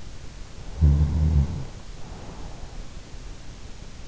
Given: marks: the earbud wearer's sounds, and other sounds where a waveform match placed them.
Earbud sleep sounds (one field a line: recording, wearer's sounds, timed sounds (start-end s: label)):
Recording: sounds in sleep by an in-ear microphone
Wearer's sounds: snoring breath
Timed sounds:
0.52-3.44 s: snoring breath